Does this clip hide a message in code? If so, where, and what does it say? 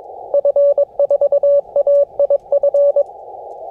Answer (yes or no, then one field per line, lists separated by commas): yes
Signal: Morse code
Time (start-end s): 0.3-3.0 s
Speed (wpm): 23 wpm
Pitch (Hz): 590 Hz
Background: none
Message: F4AIF